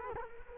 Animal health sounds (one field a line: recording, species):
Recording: mosquito wingbeat signal from an infrared sensor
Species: Culex quinquefasciatus